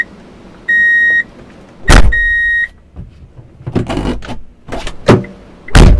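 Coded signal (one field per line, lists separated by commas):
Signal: alarm pattern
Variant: vehicle reverse beeper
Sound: two steady high beeps about half a second each, with thuds and rustling bursts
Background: vehicle and door noises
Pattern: 2 long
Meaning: A vehicle is reversing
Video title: car reverse sound car back sound effect car reverse beep truck reverse gudu gama music #soundeffect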